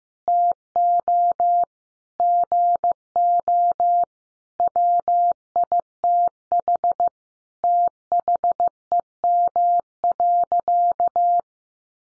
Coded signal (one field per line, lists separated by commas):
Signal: Morse code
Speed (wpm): 15 wpm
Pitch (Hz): 700 Hz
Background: none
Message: TO GO WITH THEM.